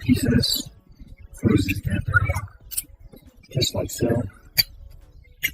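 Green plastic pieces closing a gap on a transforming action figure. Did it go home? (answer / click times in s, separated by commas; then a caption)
yes / 5.4 s. Green plastic pieces are pressed together to close a gap on a transforming action figure, a Transformers Buzzworthy Bumblebee SS 102 Rise of the Beasts Optimus Prime. Someone talks over soft handling noises, then a single sharp snap at 5.4 s shows the pieces seated in place.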